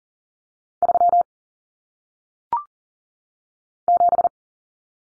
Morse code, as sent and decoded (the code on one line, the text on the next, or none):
...-- / --...
3 7